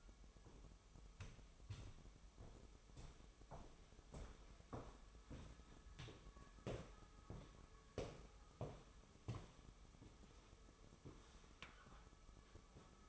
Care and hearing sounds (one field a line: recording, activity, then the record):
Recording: daily activity, microphone in the room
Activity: walk to room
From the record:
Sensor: 1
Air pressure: 988.3 hPa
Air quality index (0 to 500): 196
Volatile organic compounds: 955 ppm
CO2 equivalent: 5247 ppm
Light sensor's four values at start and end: 26/97/37/39 and 26/97/36/38